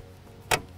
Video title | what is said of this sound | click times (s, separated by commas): 2022 Winnebago Travato | i also have the blackout shade up here it just snaps into place | 0.5 s